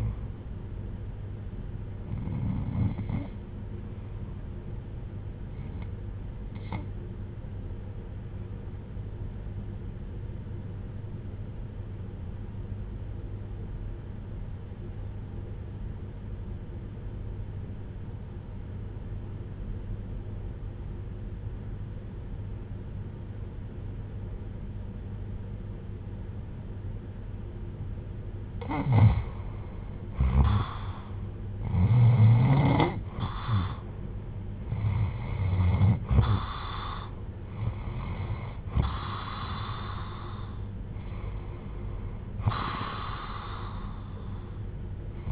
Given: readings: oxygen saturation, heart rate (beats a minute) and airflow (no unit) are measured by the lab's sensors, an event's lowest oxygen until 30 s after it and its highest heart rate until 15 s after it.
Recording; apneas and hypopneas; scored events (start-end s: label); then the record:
breathing in sleep by a smartphone at the bedside; 1
4.00-30.90 s: hypopnea (REM, oxygen 97% highest, then 82% lowest, heart rate 63 at the start, 74 highest)
From the record:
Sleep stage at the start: REM sleep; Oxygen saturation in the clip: 84 to 97%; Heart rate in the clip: 60 to 74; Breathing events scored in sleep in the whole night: 310 in 8.1 hours asleep